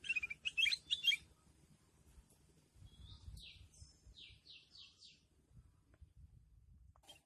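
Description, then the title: Sooty-headed bulbul song, fairly faint: a cluster of jumbled chirps at the start, then a series of short descending whistled notes over low background hum. "Suara Burung Kutilang"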